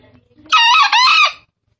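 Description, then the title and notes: Green junglefowl uttering one quick, rough two-note crow, the first note steady and the second falling, with a few faint soft sounds before it. Lure (pemikat) recording for junglefowl, described as real sound. "Panggilan Ayam Hutan. Master Suara Ayam Hutan Hijau Real Sound Green Jungle Fowl. Pemikat Ayam Hutan"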